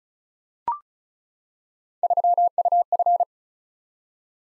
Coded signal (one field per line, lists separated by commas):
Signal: Morse code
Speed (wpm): 36 wpm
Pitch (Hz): 700 Hz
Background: none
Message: 3UF